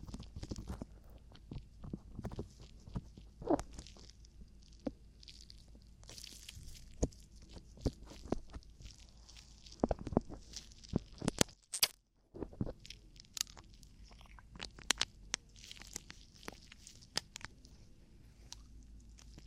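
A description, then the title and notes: Crackly ear-cleaning sounds fill the recording: dense scratches, pops and rustles arrive in quick irregular bursts. A low steady rumble sits underneath, and the sounds briefly cut to near silence just before the twelve-second mark before resuming. ASMR Relaxing Ear Cleaning & Ear Attention [NO TALKING].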